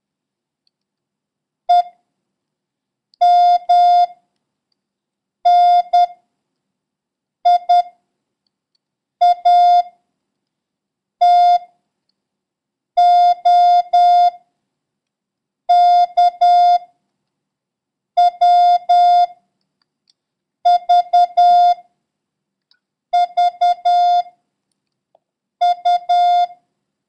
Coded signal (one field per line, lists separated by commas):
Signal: Morse code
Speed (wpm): 10 wpm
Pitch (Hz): 710 Hz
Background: none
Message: EMNIATOKWVVU